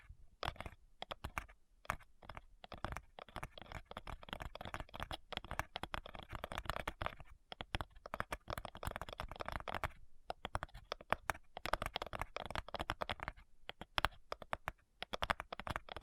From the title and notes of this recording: ASMR Addictive Tapping. (No Talking).